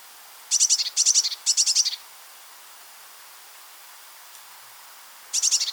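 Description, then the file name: Eurasian blue tit uttering three quick scolding churrs of rapid high pulses in a row, then a pause of over three seconds before another churr begins. "Cyanistes caeruleus"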